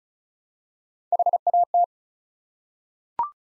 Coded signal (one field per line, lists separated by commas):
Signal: Morse code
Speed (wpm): 36 wpm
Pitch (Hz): 700 Hz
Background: none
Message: HAT